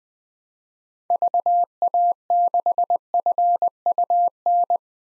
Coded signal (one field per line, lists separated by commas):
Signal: Morse code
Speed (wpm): 20 wpm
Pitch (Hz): 700 Hz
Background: none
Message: VA6FUN